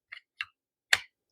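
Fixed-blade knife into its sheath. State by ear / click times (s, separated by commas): seated / 0.9 s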